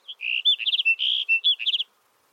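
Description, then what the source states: Sagebrush Sparrow song, a short phrase of buzzy notes and fast tinkling trills, heard cleanly on its own. Male; plaintive song, sung from atop a big sagebrush.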